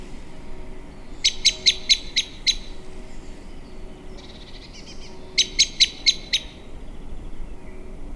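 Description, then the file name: Common blackbird, two rapid series of five or six hard metallic chink notes about four seconds apart, with a softer rattle between them. "Turdus merula"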